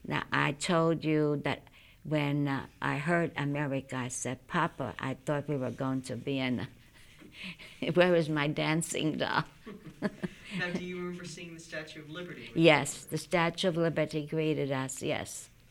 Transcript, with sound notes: Now I told you that when I heard 'America', I said, "Papa, I thought we were going to Vienna. Where was my dancing doll?" (she laughs)
Now do you remember seeing the Statue of Liberty?
Yes. The Statue of Liberty greeted us, yes.